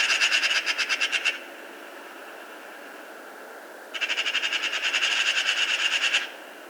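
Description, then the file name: Eurasian magpie making two bursts of grating, rapid-fire chatter, the first about a second long, the second longer after a pause of quiet hiss. "Pica pica"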